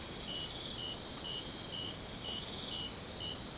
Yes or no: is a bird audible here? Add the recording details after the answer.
no. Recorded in secondary vegetation near Puerto Asís, Putumayo, Colombia, on 30 June 2025 at 01:30. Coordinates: 0.500, -76.326. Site GP08